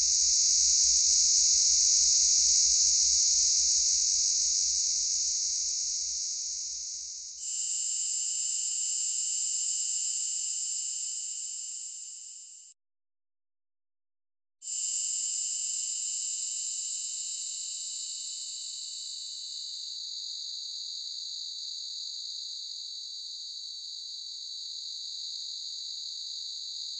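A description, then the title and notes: Cicadas buzz in a steady, dense, high-pitched drone that runs almost unbroken. A faint low rumble sits underneath for the first seven seconds. The sound cuts out completely for about two seconds near the thirteen-second mark, then resumes slightly softer to the end. Cicada.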